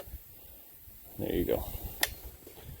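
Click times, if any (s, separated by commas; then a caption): 2.0 s. The side buttons on a folding flip-up sight, mounted on the rail of a Tristar Compact 12 gauge bullpup shotgun, are pressed and the sight springs up into its raised position. Someone talks briefly, then a single sharp click sounds at 2.0 s over a low steady background. The sight is released and up.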